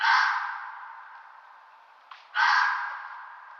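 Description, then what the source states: Red fox calls, two hoarse breathy screams, one at the start fading slowly and another after a short gap, noisy and drawn out. Fox and roe deer are said to sound very similar.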